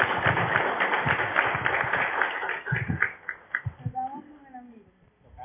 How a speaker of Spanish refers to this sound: Nuevamente un fuerte aplauso para ustedes jóvenes y para los camaradas, ¿no?